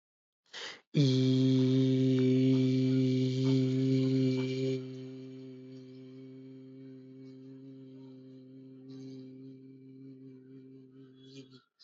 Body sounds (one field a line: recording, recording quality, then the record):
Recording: sustained vowel as in beet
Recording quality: moderate, slight background noise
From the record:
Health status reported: healthy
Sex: male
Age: 21 years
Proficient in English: yes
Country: India